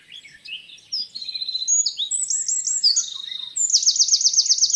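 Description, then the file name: Eurasian wren song, a rapid loud run of high sharp notes and fast trills, ending in a bright rattling trill. "Troglodytes troglodytes"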